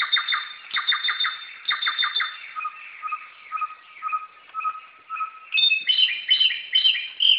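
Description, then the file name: Samyong calls: quick bursts of chirpy notes, then steady low whistles, then bright, high, sharp whistled phrases at the end. Recorded in forest. "suara burung samyong di hutan"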